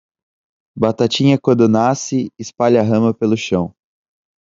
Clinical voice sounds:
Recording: short text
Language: Brazilian Portuguese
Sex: male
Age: 20 to 29 years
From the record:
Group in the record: control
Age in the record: 22 years

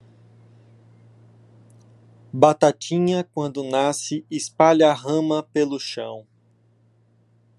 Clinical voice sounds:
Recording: short text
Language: Brazilian Portuguese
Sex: male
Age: 20 to 29 years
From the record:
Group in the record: control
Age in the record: 26 years

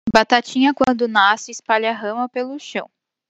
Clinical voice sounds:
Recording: short text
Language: Brazilian Portuguese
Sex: female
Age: 20 to 29 years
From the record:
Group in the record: control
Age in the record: 26 years

